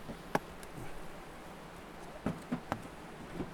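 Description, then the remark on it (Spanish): A soft, steady drone of many honeybees buzzing together as a beekeeper opens a hive, broken by a few sharp clicks and knocks, with no talking. “Pues una vez que están más o menos más tranquiles, lo que hacemos es abrir la colmena.”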